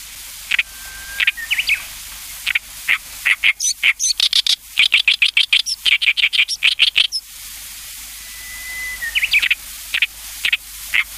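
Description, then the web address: Oriental reed warbler song with scattered rasping notes, a long burst of rapid grating chatter in the middle, then sparse harsh notes again. "sikioto. ooyoshikiri"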